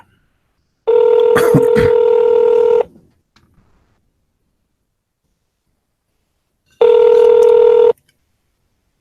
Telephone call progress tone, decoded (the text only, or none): ringback tone